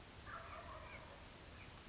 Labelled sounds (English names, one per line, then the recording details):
Wild Turkey
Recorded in Sonoma County, California